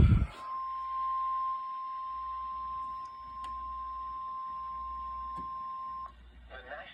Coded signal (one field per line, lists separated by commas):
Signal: Emergency Alert System (SAME) tones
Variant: 1050 Hz attention tone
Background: speech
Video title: [EAS] Special Marine￼ Warning 6/14/24